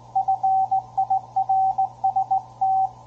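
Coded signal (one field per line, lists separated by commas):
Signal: Morse code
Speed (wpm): 17 wpm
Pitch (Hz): 770 Hz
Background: radio noise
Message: FIRST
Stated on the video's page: CW CQ and QSO on 40 meters, Ten-Tec Argonaut 515 at 25 W, paddle or bug or straight key, through JPS NRF-7 CW-Wide filter, ground-level vertical.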